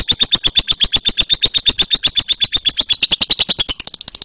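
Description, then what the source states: Lovebird chattering song: a fast run of high, sharp chirps, becoming softer near the end. Lovebird referred to as Putri Mentaya.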